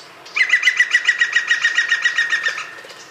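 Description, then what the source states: European green woodpecker laughing call: a ringing series of many even notes at one pitch, running fluidly for about two seconds. Fluid laughing strophe running evenly from start to finish; described as sounding almost crazy and very ringing.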